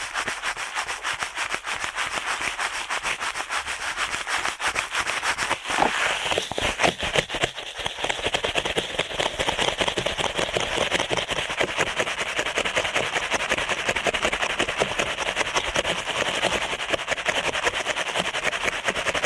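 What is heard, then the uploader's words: Ear cleaning at a frantic pace: dense, rapid scratching and rubbing strokes pile up continuously for the whole stretch, bright and hissy with little low end. A brief surge of louder crackling comes around six seconds, then the busy, steady scraping carries on unchanged. ASMR Ear Cleaning at Helicopter Speed.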